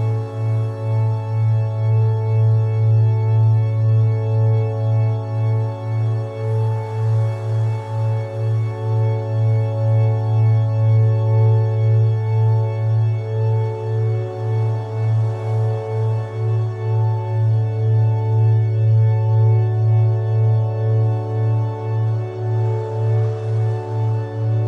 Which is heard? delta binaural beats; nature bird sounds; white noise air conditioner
delta binaural beats